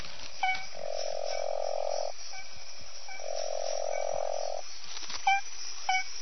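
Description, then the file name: Smooth horned frog call: two long, steady, droning notes of over a second each, with short chirping calls before and after them. "Proceratophrys boiei"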